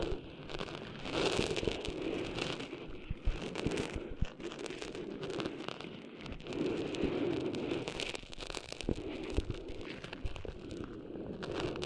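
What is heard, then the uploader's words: Cleaning sand out of an ear: a constant gritty scratching and rubbing with dense crackles throughout the twelve seconds. The scraping comes in uneven surges, with sharper pops and clicks scattered across it and a low muffled rumble underneath. ASMR Cleaning Sand Out of Your Ears (No Talking).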